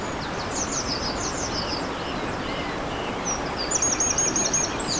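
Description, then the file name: Eurasian wren song: rapid high trills and twittering phrases, a fast rattling burst near the end, over steady rushing water noise. Recorded beside a stream on 21 April 2015 with an MZ-N710 recorder. "Troglodyte mignon ruisseau 21 04 15"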